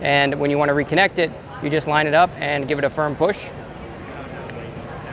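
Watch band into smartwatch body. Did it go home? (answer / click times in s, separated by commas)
yes / 4.5 s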